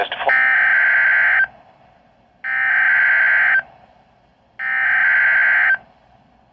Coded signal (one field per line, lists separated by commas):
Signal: Emergency Alert System (SAME) tones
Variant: header bursts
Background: speech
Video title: HELPLESS III: THE REMNANTS OF HURRICANE BERYL - EAS Alerts from 7/9/24 #74-81